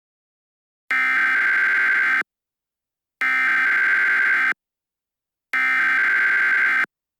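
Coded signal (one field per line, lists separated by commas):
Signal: Emergency Alert System (SAME) tones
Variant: header bursts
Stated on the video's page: Fictional EAS scenario based on Super Bowl 51.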